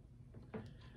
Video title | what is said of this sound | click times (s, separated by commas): E188 The New Four Inch Star Wars Action Figures Known As The "Epic Hero Series" (from Walmart) | nice tight fit snaps right into place with it | 0.5 s